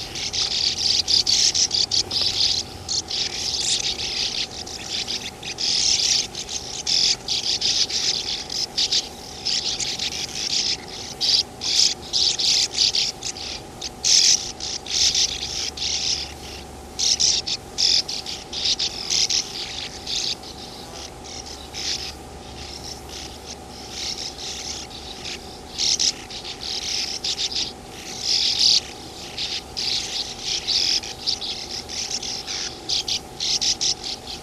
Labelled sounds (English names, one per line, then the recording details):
Sand Martin
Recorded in the wild
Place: Gossfelden, DE
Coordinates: 50.8561, 8.74
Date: 1965-07-20
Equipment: Uher Report 4000, AKG D190
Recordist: Krey, Winfried